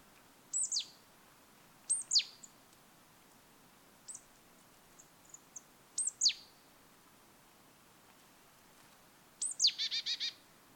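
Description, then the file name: Marsh tit calls: sharp, high, downslurred notes in quick pairs, a few faint chips, then a short buzzy, rapidly repeated phrase at the end. "Poecile palustris"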